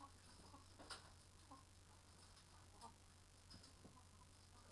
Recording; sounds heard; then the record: poultry house recording; sick chickens (respiratory disease)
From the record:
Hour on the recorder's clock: 18